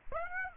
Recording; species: mosquito wingbeat signal from an infrared sensor; Aedes aegypti